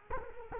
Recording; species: mosquito wingbeat signal from an infrared sensor; Culex quinquefasciatus